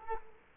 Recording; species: mosquito wingbeat signal from an infrared sensor; Culex quinquefasciatus